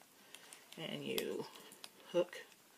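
Someone talks while hooking the clasp of a metal chain strap onto the leather and metal strap attachment ring of a Coach Tea Rose clutch. Faint ticks of handling come at about 0.4 s and 0.5 s. The chain is still being handled and nothing has seated or clicked yet.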